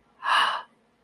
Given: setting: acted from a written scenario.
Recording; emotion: vocal sound without words; awe